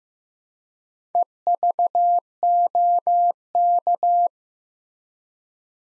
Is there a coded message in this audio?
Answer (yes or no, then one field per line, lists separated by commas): yes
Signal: Morse code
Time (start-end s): 1.1-4.3 s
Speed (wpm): 15 wpm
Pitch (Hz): 700 Hz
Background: none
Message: EVOK